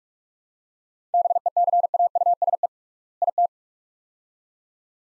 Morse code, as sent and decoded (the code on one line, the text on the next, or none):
-... . -.-. .- ..- ... . / .. -
BECAUSE IT